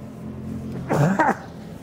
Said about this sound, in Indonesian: Sampai batuk tuh. Mungkin gara-gara gak dapat kali ya.